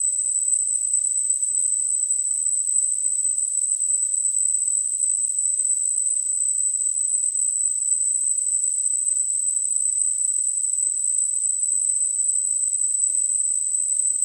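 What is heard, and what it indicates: A steady, very high-pitched whistle near 8 kHz rings without a break, with a faint airy hiss around it. It is a simulated tinnitus sound, the constant high ringing that people with tinnitus hear with no outside source.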